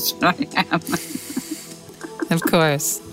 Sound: laughter